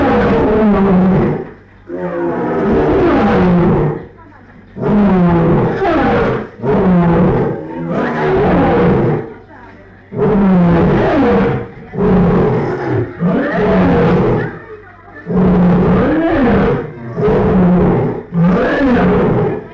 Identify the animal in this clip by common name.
Lion